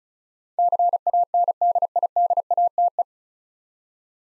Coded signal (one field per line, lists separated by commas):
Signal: Morse code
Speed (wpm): 34 wpm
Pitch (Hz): 700 Hz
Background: none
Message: CANDIDATE